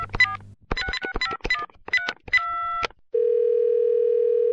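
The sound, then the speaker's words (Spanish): A quick run of short electronic telephone beeps at varying pitches, then a steady, unbroken dial tone that holds evenly to the end, before a call. No one speaks. “Revisando en mi agenda encontré el teléfono de Ciro Foliar.”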